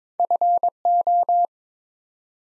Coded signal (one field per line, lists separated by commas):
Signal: Morse code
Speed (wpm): 23 wpm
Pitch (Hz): 700 Hz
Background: none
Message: FO